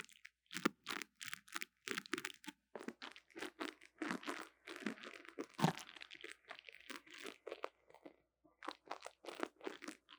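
Tapping and scratching on a mini microphone, a dense run of short, crisp crunchy strikes and scrapes that spans about ten seconds without pause. The hits come fast and irregular, bright and crackly, with a few sharper knocks near the middle and brief gaps near the end.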